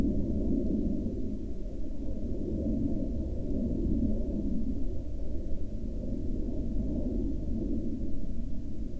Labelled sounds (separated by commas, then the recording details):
aircraft
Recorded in the Prudhoe Bay oil fields, Alaska, on 12 May 2019 at 08:50
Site 14